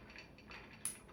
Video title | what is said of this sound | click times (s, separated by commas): Unboxing & install the Ikea PS 2014 "Death Star" ceiling pendant lamp / Tokyo Olympics flame similar | make sure you click it good in place okay you have to hear that click | 0.9 s